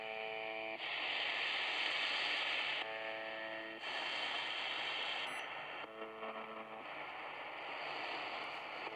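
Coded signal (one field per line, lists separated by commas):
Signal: channel marker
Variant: UVB-76 (The Buzzer)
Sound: three short low harsh buzzes through loud hiss, roughly 20-25 per minute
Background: radio static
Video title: Tecsun PL-310ET UVB-76/The Buzzer 4625Khz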